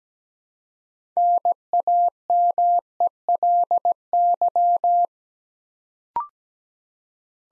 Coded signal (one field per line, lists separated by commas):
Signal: Morse code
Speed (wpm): 17 wpm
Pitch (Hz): 700 Hz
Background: none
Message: NAMELY